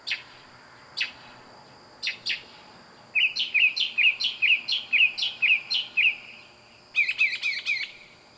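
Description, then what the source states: Bird calls: a few sharp high notes about once a second, then a fast run of short upslurred chirps, a pause, and another quick burst, over a faint steady high hum. Loud bird calling at night.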